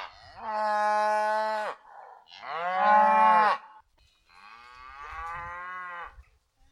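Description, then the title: Cow: cattle giving three long, deep moos, each lasting over a second, the middle one loudest, with brief quiet gaps between them. A family of brown Sussex cows calling to another family of cows in the next field. "Cows On BBC Radio 3"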